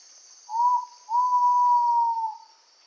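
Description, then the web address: Ivory-breasted pitta call: a short rising note, then a long, even, mellow whistle that drops slightly at the end, over a constant insect drone. Indonesia. "ULM-DS-Lab indonesian-bird-sounds. Pitta maxima"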